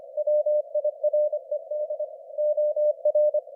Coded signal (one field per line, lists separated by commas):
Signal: Morse code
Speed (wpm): 26 wpm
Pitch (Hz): 600 Hz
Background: none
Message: WIRED OR